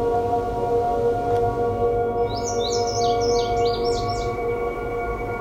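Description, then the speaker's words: Indigo Bunting song: a quick run of high, sweet notes lasting about two seconds, over a steady low hum. Male's song, long and complex; southern Ontario in summer; breeds in open areas with low shrubs near woodlands; mnemonic 'fire, fire, where, where, here, here, put it out, put it out'. "The song of the male indigo bunting is lengthy and complex and is best learned through listening and memorizing the song."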